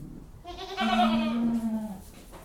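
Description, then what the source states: Goat bleat, a single long nasal cry with a steady pitch, lasting about a second. Goats moving around pens and chewing cud.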